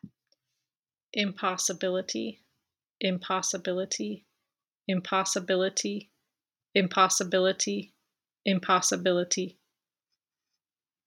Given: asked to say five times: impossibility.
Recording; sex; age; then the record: repeated word; female; 30 to 39 years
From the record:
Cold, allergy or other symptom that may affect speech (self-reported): no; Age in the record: 36 years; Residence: North Carolina, United States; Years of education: 16